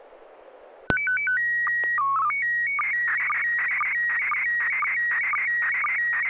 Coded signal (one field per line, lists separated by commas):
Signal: SSTV (slow-scan television)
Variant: PD 120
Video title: N6NA SSTV Net - 08/11/2021